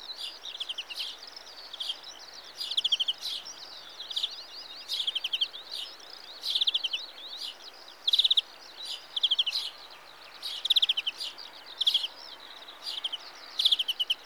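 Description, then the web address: European greenfinch giving short rapid trilled bursts about once a second, steady and repetitive. "BBC Sound Effects Library. Greenfinch (Carduelis Chloris)"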